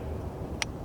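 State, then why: Seated. A steel foothold trap, a 550 with a posi-trip pan system, is being set. Its pan trigger catches on the jaw dog with a single sharp click at 0.6 s. The pan sits level and the trap is set and ready.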